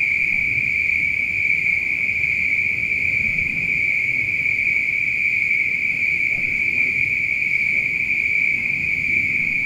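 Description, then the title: Spring peepers calling together in a continuous high, piercing drone, with a low rumbling background underneath. Peepers calling at night. "neoscenes: night peepers"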